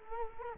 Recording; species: mosquito wingbeat signal from an infrared sensor; Culex quinquefasciatus